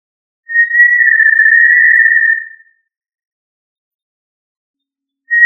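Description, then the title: Tinamou giving a single long, even whistle of about two seconds, then silence before the next note begins at the end. "Familia Tinamidae - Quail - Puyuh"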